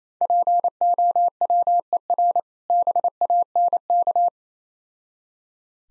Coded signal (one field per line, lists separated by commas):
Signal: Morse code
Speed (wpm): 27 wpm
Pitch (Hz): 700 Hz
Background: none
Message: POWER BANK